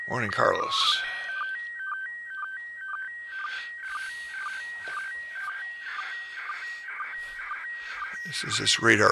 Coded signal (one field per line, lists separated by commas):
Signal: SSTV (slow-scan television)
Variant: PD 120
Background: speech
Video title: Live ISS SSTV pass